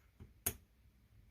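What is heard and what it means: A crimped metal contact is pushed fully into a plastic power connector housing for an Anderson Power Pole splitter on a Kenwood TM-D700 GPS setup. After a faint low thump near 0.2 s, a sharp broadband click at 0.5 s marks the contact seating. Both contacts are confirmed fully in.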